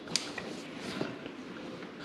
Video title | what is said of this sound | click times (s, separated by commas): How To - Tank Bag Installation | Just place it on that ring and it locks into place. | 0.2 s